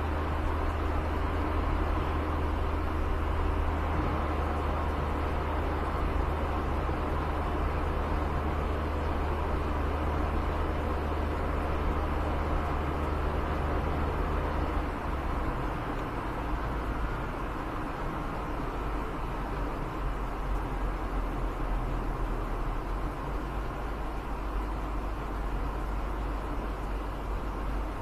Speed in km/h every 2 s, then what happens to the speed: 78, 79, 80, 80, 79, 79, 80, 81, 81, 81, 81, 79, 78, 78.
0-28 steady at about 79.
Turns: none.